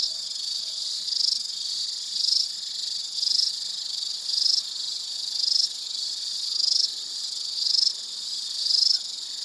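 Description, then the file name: Snouted treefrog calling, a high buzzy trill pulsing roughly once a second in a steady repeated series. Recorded in Chajarí, calle Monza, on 13 July 2014. "Scinax squalirostris Chajari calle Monza 13072014. Eco Registros"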